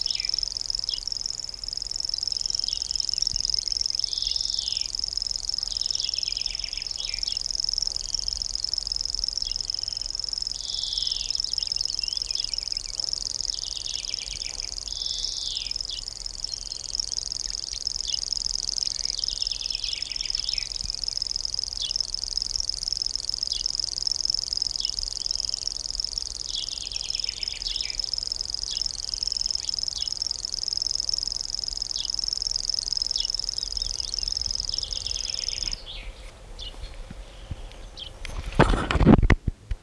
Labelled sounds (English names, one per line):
Common Grasshopper Warbler song